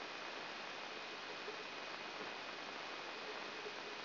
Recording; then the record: brain microelectrode recording played as sound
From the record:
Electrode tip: outside the subthalamic nucleus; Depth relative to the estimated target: 3 mm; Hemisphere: right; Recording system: AlphaMap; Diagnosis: Parkinson's disease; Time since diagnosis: 19 years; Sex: male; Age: 59 years